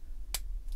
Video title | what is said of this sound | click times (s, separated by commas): Takara Tomy Hasbro MPM-05 Movie Masterpiece Transformers BARRICADE Review | that's going to lock in and tab into place | 0.3 s